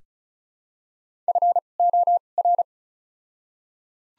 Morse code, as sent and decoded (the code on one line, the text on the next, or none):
..-. / --- / .-.
F O R